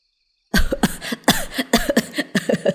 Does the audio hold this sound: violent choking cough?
yes